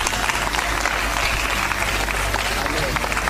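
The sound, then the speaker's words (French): A church audience applauding the Lord, a dense wash of many hands clapping at a constant, loud level for the whole stretch, with a low hum underneath and faint voices mixed in. “Applaudis le Seigneur parce que Jésus nous a sauvés.”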